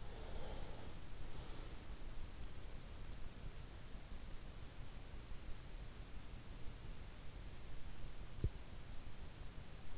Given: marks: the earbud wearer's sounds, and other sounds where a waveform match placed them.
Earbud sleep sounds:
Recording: sounds in sleep by an in-ear microphone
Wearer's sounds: breath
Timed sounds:
0.00-2.14 s: breath

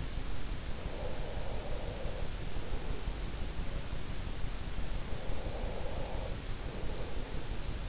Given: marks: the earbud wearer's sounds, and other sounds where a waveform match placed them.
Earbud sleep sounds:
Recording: sounds in sleep by an in-ear microphone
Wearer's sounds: breath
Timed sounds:
0.72-3.44 s: breath
5.05-7.89 s: breath

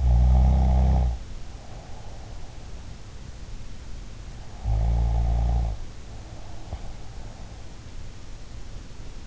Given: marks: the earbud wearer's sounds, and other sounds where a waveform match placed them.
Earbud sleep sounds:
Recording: sounds in sleep by an in-ear microphone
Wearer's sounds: snoring breath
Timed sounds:
0.00-2.49 s: snoring breath
4.59-6.89 s: snoring breath

